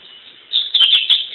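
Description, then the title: Double-collared seedeater song fragment, several sharp, bright chirped notes in quick succession over a light background hiss. "Canto Coleiro"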